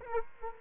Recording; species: mosquito wingbeat signal from an infrared sensor; Culex quinquefasciatus